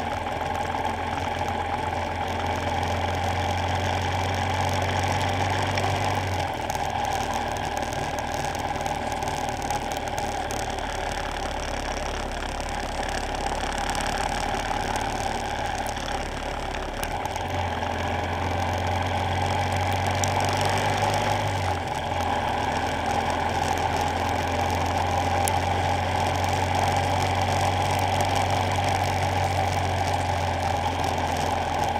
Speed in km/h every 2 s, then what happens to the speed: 40, 44, 42, 44, 42, 39, 40, 39, 39, 44, 47, 50, 52, 53, 50, 45.
0-16 steady at about 40. 16-25 speeds up to 53. 25-32 slows to 45.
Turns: none.